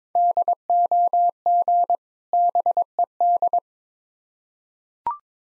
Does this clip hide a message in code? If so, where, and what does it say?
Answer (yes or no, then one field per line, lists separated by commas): yes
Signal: Morse code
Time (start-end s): 0.2-3.6 s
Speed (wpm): 22 wpm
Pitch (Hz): 700 Hz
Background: none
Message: DOG BED